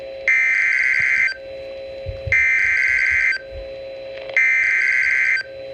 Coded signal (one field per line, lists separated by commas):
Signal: Emergency Alert System (SAME) tones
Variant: header bursts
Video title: EAS #41-42